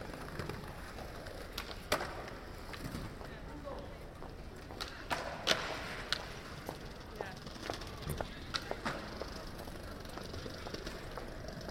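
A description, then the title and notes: Kids skateboard on an open square, their wheels rolling in a steady low rumble under sharp clacks and snaps of boards hitting obstacles. The hits come irregularly, a few every second or two, loudest near the two, five and six second marks. Faint voices carry through the background. Skateboarding Spuiplein Den Haag. A sunny Sunday in The Hague. Kids are skateboarding on the Spuiplein using improvised obstacles.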